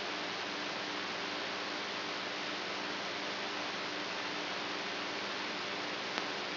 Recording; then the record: brain microelectrode recording played as sound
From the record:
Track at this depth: inside the subthalamic nucleus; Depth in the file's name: 5.112 mm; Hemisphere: right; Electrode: 3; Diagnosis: Parkinson's disease